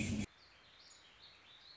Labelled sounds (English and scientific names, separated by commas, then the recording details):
Warbling Vireo (Vireo gilvus)
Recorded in Sonoma County, California